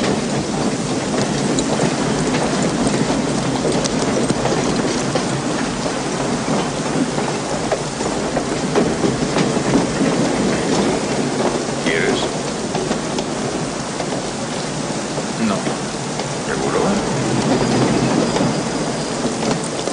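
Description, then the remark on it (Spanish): Heavy rain pours down in a dense, unbroken hiss for the full twenty seconds, with a low thunder rumble rolling underneath. No voices are heard. “Va a llover.”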